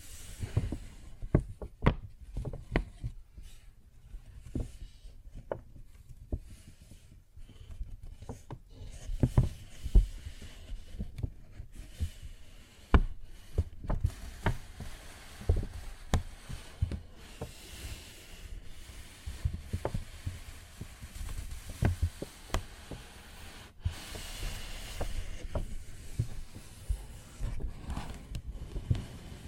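Paper bag being tapped and scratched, with sharp irregular taps scattered throughout over a soft, steady rustling hiss that thickens midway.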